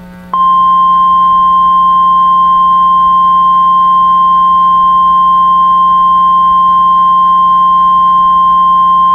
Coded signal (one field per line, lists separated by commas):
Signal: Emergency Alert System (SAME) tones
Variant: 1050 Hz attention tone